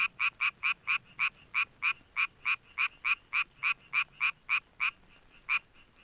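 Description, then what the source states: Frog calling, a fast series of short clicking croaks, about three or four each second in an even train, then a brief pause and one last note. Recorded 3 March 2016.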